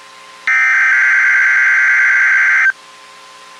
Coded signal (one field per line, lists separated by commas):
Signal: Emergency Alert System (SAME) tones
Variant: header bursts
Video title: EAS #320| Required Weekly Test| KEC80